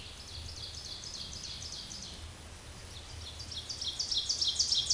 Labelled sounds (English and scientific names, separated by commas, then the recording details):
Ovenbird (Seiurus aurocapilla) song
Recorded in a Pennsylvania forest on 17 May 2023 at 13:01
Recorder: AudioMoth, point grid1_30_low
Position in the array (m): 132 m, 68 m